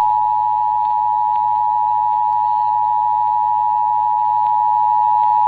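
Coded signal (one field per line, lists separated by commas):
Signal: Emergency Alert System (SAME) tones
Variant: 853 and 960 Hz attention tone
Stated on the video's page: Statewide South Dakota Required Monthly Test EAS tones heard on FM station KBRK-FM Brookings.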